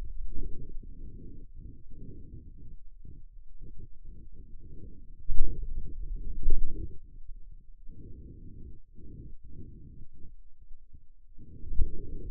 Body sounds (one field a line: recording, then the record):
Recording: forearm muscle sounds (acoustic myography)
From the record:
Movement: finger pinch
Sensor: system 2, bracelet of six BSWA MPA416 microphones around the upper forearm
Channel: 6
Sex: male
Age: 22 years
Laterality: right